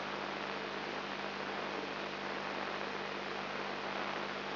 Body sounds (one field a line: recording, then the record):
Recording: brain microelectrode recording played as sound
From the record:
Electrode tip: outside the subthalamic nucleus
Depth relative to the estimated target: 2.5 mm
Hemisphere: left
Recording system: AlphaMap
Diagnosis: Parkinson's disease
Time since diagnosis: 10 years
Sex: male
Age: 56 years